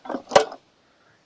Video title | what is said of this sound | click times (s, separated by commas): How to use lots of lemons ep 13 | These arms snap into place | 0.4 s